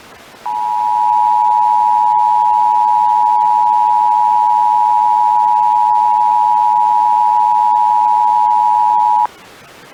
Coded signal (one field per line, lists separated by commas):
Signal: Emergency Alert System (SAME) tones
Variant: 853 and 960 Hz attention tone